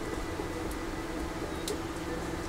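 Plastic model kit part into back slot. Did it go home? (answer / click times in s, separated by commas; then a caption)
no / none. A plastic part with a peg from a Bandai MG Wing Gundam Zero EW model kit is pushed into its slot at the back, over a steady low background hum with one brief faint tick near 1.7 seconds. The part will not snap into place, and nothing has seated or clicked yet.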